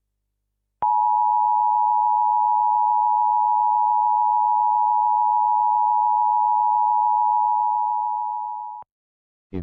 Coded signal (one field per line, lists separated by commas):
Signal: Emergency Alert System (SAME) tones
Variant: 853 and 960 Hz attention tone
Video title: EAS SCENARIO the invasion of green isles part 1